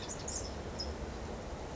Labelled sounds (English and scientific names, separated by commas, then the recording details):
California Towhee (Melozone crissalis)
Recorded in Sonoma County, California